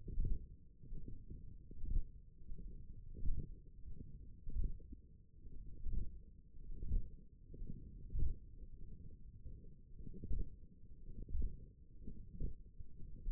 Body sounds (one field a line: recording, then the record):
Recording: forearm muscle sounds (acoustic myography)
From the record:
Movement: radial deviation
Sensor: system 1, eight BSWA MPA416 microphones around the upper forearm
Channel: 1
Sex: male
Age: 18 years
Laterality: right